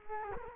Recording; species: mosquito wingbeat signal from an infrared sensor; Culex quinquefasciatus